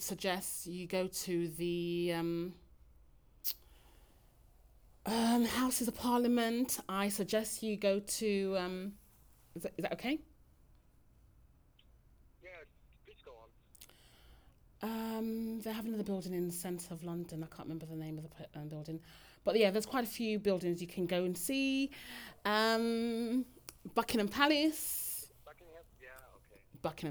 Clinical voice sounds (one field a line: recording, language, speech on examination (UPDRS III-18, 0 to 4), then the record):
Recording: conversation on a phone call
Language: English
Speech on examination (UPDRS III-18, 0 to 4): 0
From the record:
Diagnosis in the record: healthy control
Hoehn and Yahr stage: 0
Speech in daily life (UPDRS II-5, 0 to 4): 0